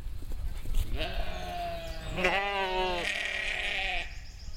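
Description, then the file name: Sheep bleating: one drawn-out bleat that becomes a shaky, vibrating quaver in the middle before it trails off. "schafe"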